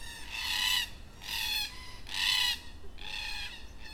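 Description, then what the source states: Black cockatoo giving loud, rasping, wailing calls, four long notes spaced under a second apart. Black cockatoos at dusk in Perth.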